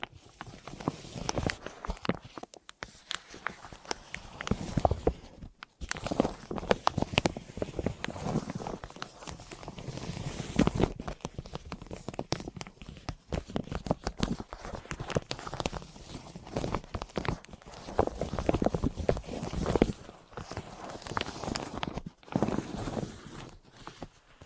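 Deep ear crinkles and scratchy, clicky massage sounds fill the recording, a dense run of crackling rubs and taps with almost no pauses. The texture stays busy and uneven throughout, with brief quiet breaks near 3, 6 and 22 seconds.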